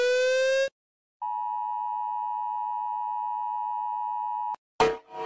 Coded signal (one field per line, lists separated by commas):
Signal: Emergency Alert System (SAME) tones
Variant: 853 and 960 Hz attention tone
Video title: rating national eas sounds by how terrifying they are because it's quality & original content